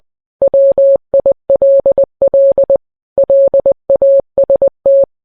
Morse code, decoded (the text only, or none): WILL LAST